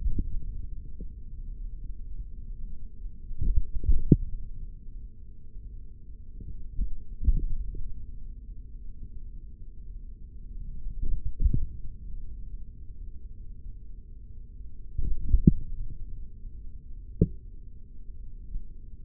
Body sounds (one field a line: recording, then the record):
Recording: forearm muscle sounds (acoustic myography)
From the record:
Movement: finger pinch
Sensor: system 3, bracelet of six PUI Audio POM-2738L microphones around the upper forearm, with dedicated amplification and filtering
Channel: 4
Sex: male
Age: 56 years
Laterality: right